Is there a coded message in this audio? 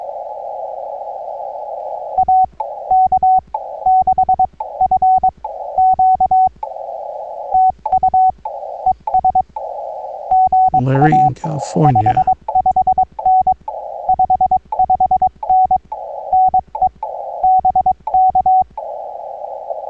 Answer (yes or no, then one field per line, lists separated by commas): yes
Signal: Morse code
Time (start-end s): 2.2-18.6 s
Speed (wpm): 22 wpm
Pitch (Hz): 750 Hz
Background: speech, radio noise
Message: AK6FQ TU ES GA 55N 55N NE BK